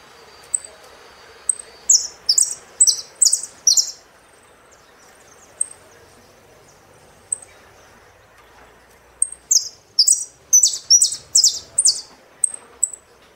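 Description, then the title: Saffron finch song in two bursts of repeated loud slurred downward notes, separated by a stretch of occasional thin high chips. "Jilguero Argentino"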